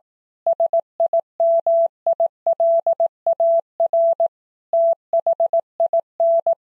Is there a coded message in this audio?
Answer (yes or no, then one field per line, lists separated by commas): yes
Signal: Morse code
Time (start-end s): 0.5-6.5 s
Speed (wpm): 18 wpm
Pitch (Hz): 670 Hz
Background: none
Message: SIMILAR THIN